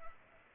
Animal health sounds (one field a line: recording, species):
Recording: mosquito wingbeat signal from an infrared sensor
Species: Culex pipiens